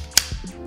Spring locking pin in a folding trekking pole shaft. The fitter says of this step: To extend your Z poles pull down on the slider shaft until you hear the pin click.